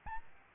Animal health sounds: mosquito wingbeat signal from an infrared sensor; Aedes albopictus

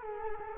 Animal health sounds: mosquito wingbeat signal from an infrared sensor; Culex quinquefasciatus

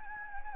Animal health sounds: mosquito wingbeat signal from an infrared sensor; Anopheles gambiae

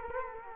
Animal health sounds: mosquito wingbeat signal from an infrared sensor; Culex quinquefasciatus

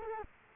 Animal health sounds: mosquito wingbeat signal from an infrared sensor; Culex quinquefasciatus

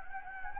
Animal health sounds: mosquito wingbeat signal from an infrared sensor; Anopheles gambiae

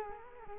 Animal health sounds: mosquito wingbeat signal from an infrared sensor; Culex quinquefasciatus

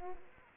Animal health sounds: mosquito wingbeat signal from an infrared sensor; Culex quinquefasciatus

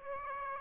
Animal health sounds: mosquito wingbeat signal from an infrared sensor; Aedes aegypti

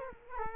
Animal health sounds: mosquito wingbeat signal from an infrared sensor; Culex quinquefasciatus

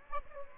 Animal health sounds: mosquito wingbeat signal from an infrared sensor; Aedes aegypti

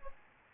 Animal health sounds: mosquito wingbeat signal from an infrared sensor; Aedes albopictus

